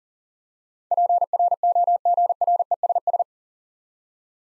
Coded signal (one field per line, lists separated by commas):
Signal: Morse code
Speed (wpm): 40 wpm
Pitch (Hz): 700 Hz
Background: none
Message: PROGRESS